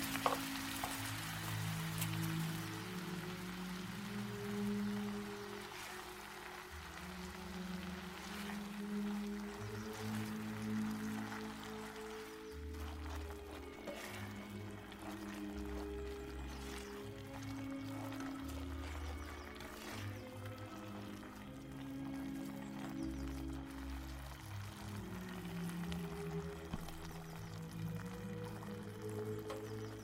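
Old-time music plays steadily underneath kitchen cooking sounds, with a continuous sizzling patter like frying and occasional soft clinks throughout.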